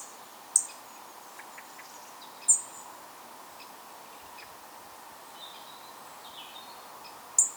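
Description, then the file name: European robin calls: three sharp, very high ticks spaced a few seconds apart, with faint soft notes and steady hiss between them. "Erithacus rubecula"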